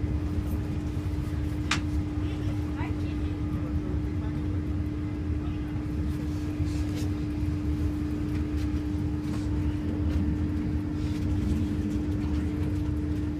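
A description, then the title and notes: A train to Bristol rumbles along in a steady, dense low roar that holds at an even level for the whole stretch. A constant mid-pitched drone runs straight through it. Brief sharp clicks and faint voices surface now and then, one bright click just before two seconds. Train to Bristol. A recording of part of the trip to Bristol.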